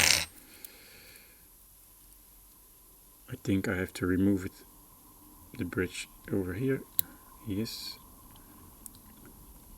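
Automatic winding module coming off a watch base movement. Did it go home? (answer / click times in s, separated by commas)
released / 8.9 s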